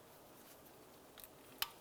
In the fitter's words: And press it on, you should be able to hear that click into place.